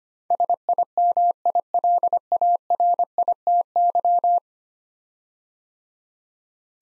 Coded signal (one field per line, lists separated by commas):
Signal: Morse code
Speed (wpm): 25 wpm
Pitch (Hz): 700 Hz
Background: none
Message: SIMILARITY